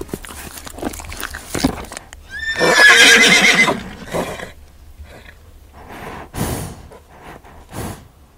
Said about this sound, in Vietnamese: Nước mưa hắt vào lạnh ngắt, tiếng vó ngựa vọng to từ nền gạch ngoài sân. Rồi một bóng người cưỡi ngựa phi thẳng vào giữa phòng. Mẹ tôi ré lên, đấy là một ông tướng tay cầm đao, nhưng cụt đầu. Con ngựa hí vang rợn cả tóc gáy.